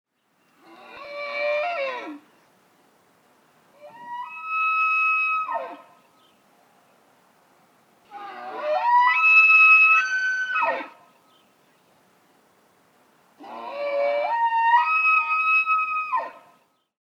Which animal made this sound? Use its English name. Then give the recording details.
Wapiti. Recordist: Tembrock, Günter. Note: Hirsch: Brunftrufe